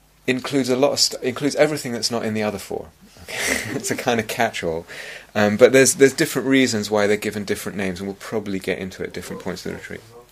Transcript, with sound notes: includes a lot of stuff, includes everything that's not in the other four. [laughs] It's a kind of catch-all. But there are different reasons why they're given different names, and we'll probably get into it at different points in the retreat.